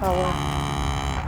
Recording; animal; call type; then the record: contact call of a hoofed animal; cattle; low-frequency (closed-mouth) or high-frequency (open-mouth) call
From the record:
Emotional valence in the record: negative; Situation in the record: full separation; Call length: 1.28 s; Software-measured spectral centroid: 2570 Hz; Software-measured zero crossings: 1610 a second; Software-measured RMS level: -24 dBFS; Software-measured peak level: -10 dBFS